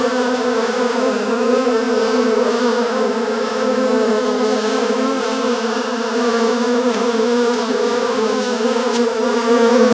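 Insect buzzing, a steady droning hum with layered tones that holds unbroken for the whole ten seconds.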